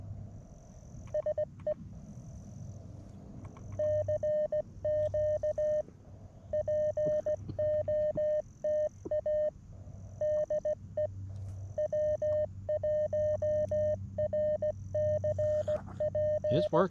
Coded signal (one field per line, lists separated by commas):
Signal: Morse code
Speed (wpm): 16 wpm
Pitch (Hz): 590 Hz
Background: none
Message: SE CQ POTA DE W1RCP